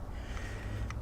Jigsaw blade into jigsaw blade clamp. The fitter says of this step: it's actually a whole system it goes in and out and just locks into place